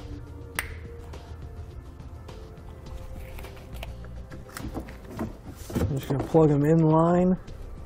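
Plastic Curt T-connector wiring harness plugs (C56306) are handled to be plugged in line with the tail light wiring harness connector on a 2017 Ford Explorer while someone talks. There are faint handling taps, a sharp tick near 0.6 s, and a loud sustained tone near the end. Nothing has seated or clicked yet.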